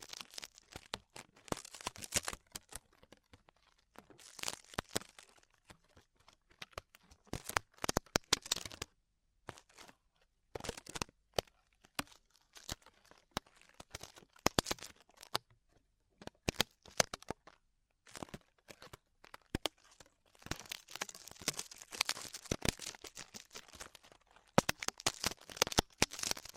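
Ear-exploration sounds made of dense, crackling crinkles and crisp tearing-like rustles, arriving in bursts with short silent gaps, notably around 9–10 and 18 seconds. The texture is bright and scratchy, growing busiest and most continuous in the final stretch.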